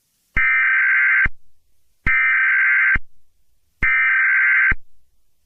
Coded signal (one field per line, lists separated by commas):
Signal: Emergency Alert System (SAME) tones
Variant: header bursts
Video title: EAS mock: Required Monthly Test for the San Francisco area